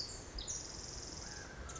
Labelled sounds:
Pacific Wren
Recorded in Sonoma County, California

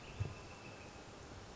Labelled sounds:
Northern Flicker
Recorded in Sonoma County, California

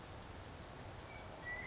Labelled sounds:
Western Meadowlark
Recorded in Sonoma County, California

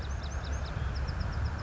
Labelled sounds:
Bewick's Wren
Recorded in Sonoma County, California

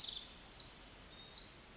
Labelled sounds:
Pacific Wren
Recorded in Sonoma County, California

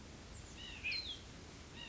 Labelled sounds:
White-breasted Nuthatch
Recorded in Sonoma County, California

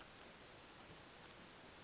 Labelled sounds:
Western Flycatcher
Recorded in Sonoma County, California

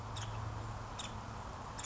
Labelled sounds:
Nuttall's Woodpecker
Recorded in Sonoma County, California

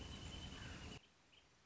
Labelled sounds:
Wrentit
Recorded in Sonoma County, California

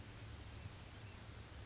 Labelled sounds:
Blue-gray Gnatcatcher
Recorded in Sonoma County, California

